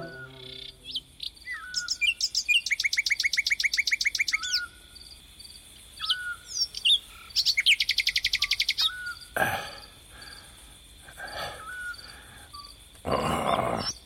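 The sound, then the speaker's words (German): A nightingale sings alone, rich and varied: clear whistles, fast rattling trills repeated in bursts, and sharp chirps, with short pauses between phrases. “Diese verdammte Nachtigall. Ihr Gesang ist so süß, sagt Mama.”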